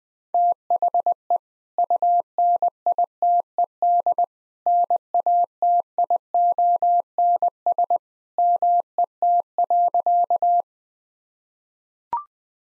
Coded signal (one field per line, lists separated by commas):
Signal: Morse code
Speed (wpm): 21 wpm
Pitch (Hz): 700 Hz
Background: none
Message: THE UNITED NATIONS MET.